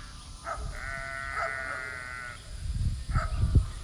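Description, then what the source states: Sheep bleating: a short bleat, then a long bleat of under two seconds, then another short bleat, with rustling and low thumps in the background. Homestead flock on sheep moving day; the sheep are moved about once a week to fresh pasture inside movable electric netting fencing, in the far field.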